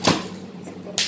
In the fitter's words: Udah terkunci.